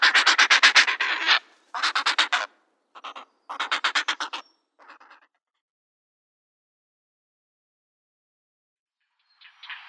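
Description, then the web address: Grey heron nestlings begging with harsh, rapid ticking chatter in short bursts separated by short gaps, then several seconds of silence before another faint burst. "Schulze Peter Grey Heron nestlings"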